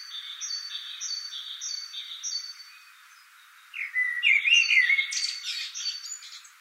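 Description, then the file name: Common blackbird song, a short mellow warble followed by high scratchy twittering, after a run of thin high repeated whistles from another bird. "Turdus merula"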